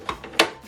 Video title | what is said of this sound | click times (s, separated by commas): How To Install Or Replace Ink Cartridge In Canon PIXMA MG2551S Printer | once you any hear a click sound | 0.4 s